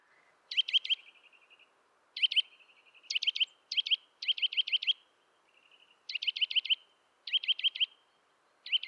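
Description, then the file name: Eurasian nuthatch giving rapid series of sharp, piping notes in short groups, some trailing into a faint thin whistle. "Sitta europaea"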